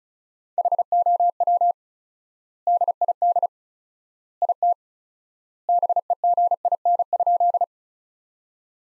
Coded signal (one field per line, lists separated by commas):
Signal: Morse code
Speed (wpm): 36 wpm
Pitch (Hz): 700 Hz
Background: none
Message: HOW DID IT BEGIN?